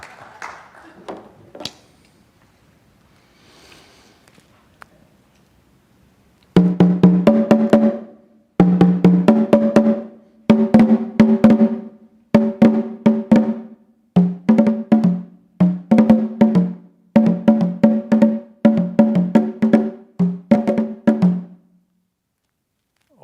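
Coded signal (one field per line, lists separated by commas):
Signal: talking drum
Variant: Akan (Ashanti) drum language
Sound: groups of resonant low drum strokes alternating two pitches, in phrases with short pauses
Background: faint talk at start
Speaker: This is the talking drum language of the Akan people in the Ashanti area of Ghana.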